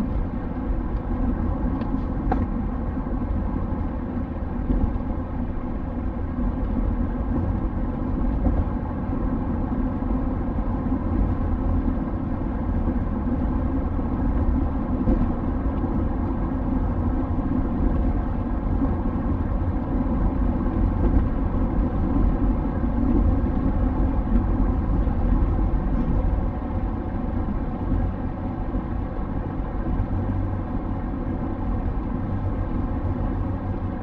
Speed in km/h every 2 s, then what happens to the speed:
85, 86, 87, 87, 88, 89, 90, 91, 92, 93, 94, 95, 95, 94, 94, 95, 95.
0-34 speeds up to 95.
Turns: none.